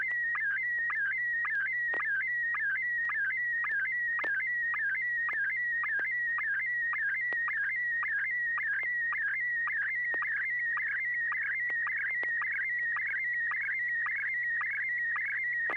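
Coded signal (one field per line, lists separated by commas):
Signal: SSTV (slow-scan television)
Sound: warbling high tone with rapid rhythmic chirps about twice a second, over a low hum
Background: low electrical hum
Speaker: All right, here we go. N6YG.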